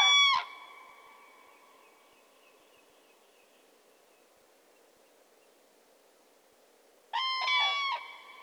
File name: grus grus